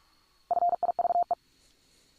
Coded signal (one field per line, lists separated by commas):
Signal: Morse code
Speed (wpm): 46 wpm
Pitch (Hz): 700 Hz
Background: none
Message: FIVE